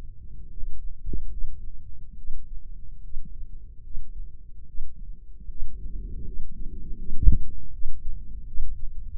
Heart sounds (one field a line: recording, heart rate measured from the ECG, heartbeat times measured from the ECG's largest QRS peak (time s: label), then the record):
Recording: heart sounds by microphone in the left ear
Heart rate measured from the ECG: 76 bpm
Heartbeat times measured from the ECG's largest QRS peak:
0.48 s: heartbeat
1.29 s: heartbeat
2.16 s: heartbeat
3.02 s: heartbeat
3.81 s: heartbeat
4.66 s: heartbeat
5.47 s: heartbeat
6.23 s: heartbeat
6.96 s: heartbeat
7.71 s: heartbeat
8.45 s: heartbeat
9.16 s: heartbeat
From the record:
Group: healthy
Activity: rest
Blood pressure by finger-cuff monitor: 119/65 mmHg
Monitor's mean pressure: 83 mmHg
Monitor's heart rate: 73 bpm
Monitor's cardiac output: 6.9 L/min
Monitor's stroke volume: 96 mL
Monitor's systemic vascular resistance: 880 dyn s/cm5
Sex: female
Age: 22 years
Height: 154 cm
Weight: 58.7 kg